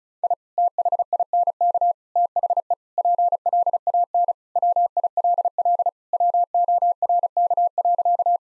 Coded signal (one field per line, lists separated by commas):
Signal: Morse code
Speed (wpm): 36 wpm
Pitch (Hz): 700 Hz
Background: none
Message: I THINK THE PLAN WILL WORK.